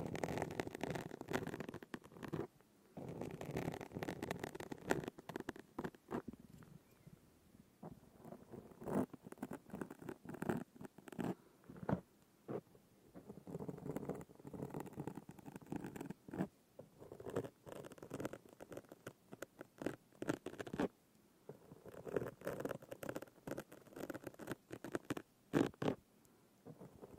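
Fingers scratch right against a microphone in rough bursts of scraping and rubbing that swell and fade every few seconds. The scratching is dense and mostly low to middle in pitch, with sharp clicks between strokes and brief quiet gaps around 3, 7 and 26 seconds.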